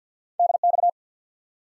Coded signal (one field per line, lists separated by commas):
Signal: Morse code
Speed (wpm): 51 wpm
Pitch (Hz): 700 Hz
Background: none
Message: DX